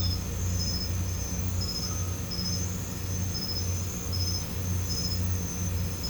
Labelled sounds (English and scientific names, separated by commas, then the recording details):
none
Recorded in pastures near Puerto Asís, Putumayo, Colombia, on 21 December 2024 at 00:00
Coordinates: 0.505, -76.324
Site G063